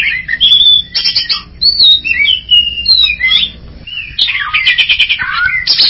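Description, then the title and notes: Greater green leafbird singing: bright looping whistles and warbled phrases alternate with dense buzzy chatter, with only a short pause. Champion singing bird, known locally as cucak ijo. "Kicau Burung Cucak Ijo Juara. Suara kicauan burung cucak ijo"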